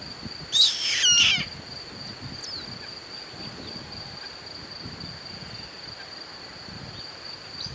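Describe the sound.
Bird uttering one brief, grating, buzzy call near the start, followed by quiet background with a steady high-pitched tone.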